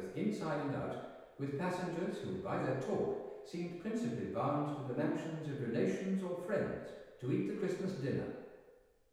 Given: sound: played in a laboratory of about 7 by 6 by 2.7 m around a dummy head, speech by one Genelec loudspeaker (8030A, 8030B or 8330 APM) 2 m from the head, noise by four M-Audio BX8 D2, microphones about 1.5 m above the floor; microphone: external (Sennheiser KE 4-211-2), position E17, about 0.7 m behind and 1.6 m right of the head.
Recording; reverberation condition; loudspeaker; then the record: male speech in English; high; 120 degrees to the left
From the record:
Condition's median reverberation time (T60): about 1300 ms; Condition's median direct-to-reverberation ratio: about -4.0 dB